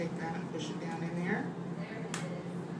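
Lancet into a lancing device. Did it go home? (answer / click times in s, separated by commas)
yes / 2.1 s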